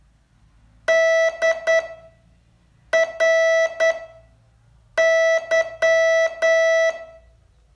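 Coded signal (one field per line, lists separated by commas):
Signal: Morse code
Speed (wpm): 9 wpm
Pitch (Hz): 650 Hz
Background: none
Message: DRY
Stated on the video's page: Morse training test from day 36 of a 42-day course.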